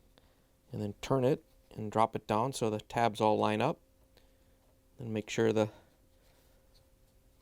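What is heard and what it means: A plastic KitchenAid front adjuster guide, part WPW10195840 (fits Whirlpool/Maytag), is turned and lined up on a dishwasher upper rack so its tabs pass through, ready to be pushed down to lock. Someone talks throughout, with only two faint ticks near 0.2 s and 4.2 s. Nothing has clicked or locked yet.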